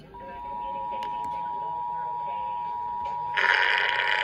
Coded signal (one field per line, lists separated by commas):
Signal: Emergency Alert System (SAME) tones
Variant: 853 and 960 Hz attention tone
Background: speech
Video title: APRIL 2024 TEXAS REQUIRED MONTHLY TEST (REAL EAS#3708-3709)